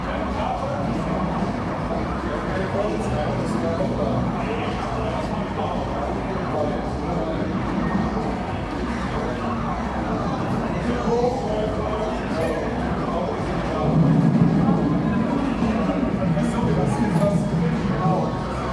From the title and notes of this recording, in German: Klangreise in eine euphorische Gaming Arcade. Automaten, spielende Menschen.